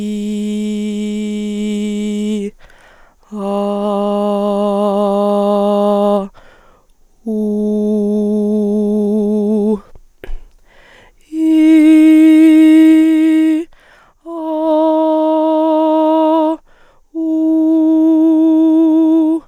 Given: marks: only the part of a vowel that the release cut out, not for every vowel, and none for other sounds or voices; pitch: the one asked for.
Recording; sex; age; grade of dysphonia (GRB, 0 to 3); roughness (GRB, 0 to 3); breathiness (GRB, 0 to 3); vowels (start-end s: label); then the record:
sustained vowels; female; 20 to 29 years; 0; 0; 0
0.00-1.94 s: vowel /i/, normal pitch
3.98-5.96 s: vowel /a/, normal pitch
7.58-9.57 s: vowel /u/, normal pitch
11.72-13.51 s: vowel /i/, high pitch
14.66-16.39 s: vowel /a/, high pitch
17.29-19.23 s: vowel /u/, high pitch
From the record:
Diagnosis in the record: dysodia (singing voice disorder); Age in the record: 21 years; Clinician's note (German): Bei Gesangsstimme und akutem Infekt